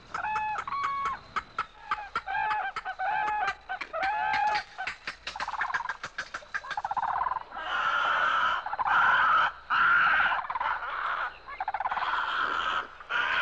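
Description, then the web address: Bird calls: fast rattling clicks with short whistled notes, then long harsh grating calls in bursts of about a second. "Звуки природы - птицы"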